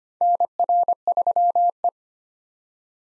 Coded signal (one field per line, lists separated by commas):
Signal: Morse code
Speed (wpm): 25 wpm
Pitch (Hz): 700 Hz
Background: none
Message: NR3E